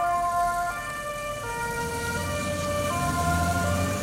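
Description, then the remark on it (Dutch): An ambulance siren wails in steady two-tone alternation, its high harmonic tones shifting pitch every second or so over a low rumble of road traffic and engines, as ambulances keep driving in at a hospital in Paramaribo, Suriname. “Ondertussen blijven de ambulances binnenrijden bij het ziekenhuis.”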